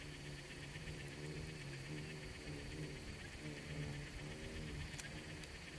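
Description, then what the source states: Insect swarm humming low and continuous, the buzz wavering in pitch, with a steady high whine and one sharp click near the end. Bugs and beetles swarming in the Namib desert, among the micro-sounds of a desert soundscape that seems quiet at first listen.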